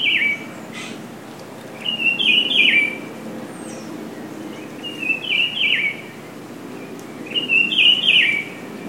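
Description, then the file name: Rufous-browed peppershrike singing a loud, melodious whistled phrase of rising and falling slurs, repeated about every three seconds, four times with the first cut short, with faint other bird notes behind. Recorded on Ilha de Comandatuba, Bahia, Brazil, at a golf course, dated 31 January 2013. "Cyclarhis-gujanensis -golfe-IComandatuba BA-BR-31-1-13-ASilveira"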